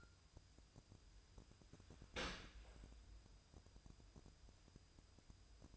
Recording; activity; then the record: daily activity, microphone in the room; open dishwasher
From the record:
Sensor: 2